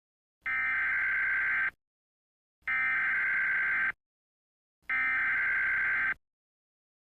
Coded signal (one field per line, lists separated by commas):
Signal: Emergency Alert System (SAME) tones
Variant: header bursts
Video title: EAS alert